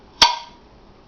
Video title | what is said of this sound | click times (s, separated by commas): Coleman Max Cookset Review | see that you can take them off or on or you know take them off leave them off or leave them on but they lock | 0.2 s